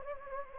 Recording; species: mosquito wingbeat signal from an infrared sensor; Anopheles gambiae